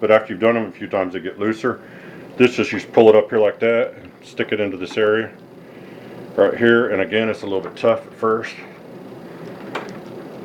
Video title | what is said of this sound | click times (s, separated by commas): 100 1752 | it didn't click in but it's in for | none